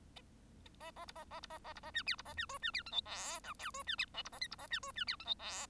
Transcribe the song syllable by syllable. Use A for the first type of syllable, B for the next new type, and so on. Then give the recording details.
A A B A A B A A B A C D B A C E C D F G H I J E C D K B A L B A C E C D F G H. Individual Bird1